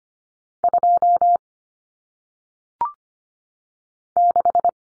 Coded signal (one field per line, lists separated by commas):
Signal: Morse code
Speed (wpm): 25 wpm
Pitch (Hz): 700 Hz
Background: none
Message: 2 6